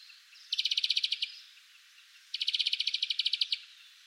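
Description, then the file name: European greenfinch rattling trills, two bursts of fast evenly spaced pulses, the second longer, with quiet between them. "Chloris chloris"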